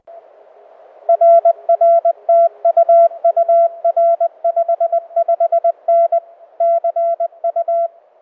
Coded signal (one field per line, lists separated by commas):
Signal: Morse code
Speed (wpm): 20 wpm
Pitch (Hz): 680 Hz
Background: none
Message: RR TU UR 55N CU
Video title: Oat Mountain QSO Audio